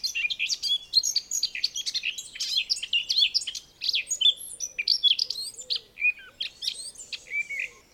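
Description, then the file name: Eurasian blackcap warbling song, dense and jumbled high notes that thin into clearer whistled phrases, with faint low cooing repeated in the background. "Sylvia atricapilla"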